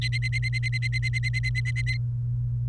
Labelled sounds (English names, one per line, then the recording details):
Domestic Canary song
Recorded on 29 April 2018 at 12:22
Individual llb3